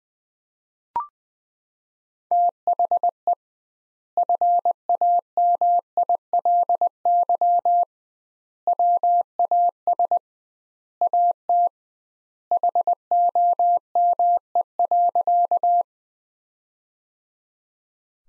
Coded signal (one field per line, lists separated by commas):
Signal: Morse code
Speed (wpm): 20 wpm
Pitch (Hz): 700 Hz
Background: none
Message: THE FAMILY WAS AT HOME.